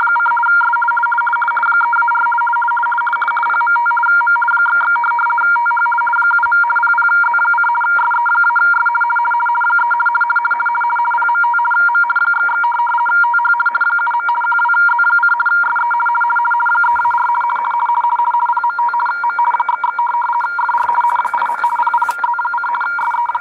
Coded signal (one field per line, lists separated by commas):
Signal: RTTY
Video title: RTTY Signal (4585 kHz LSB) decoded by DroidRTTY app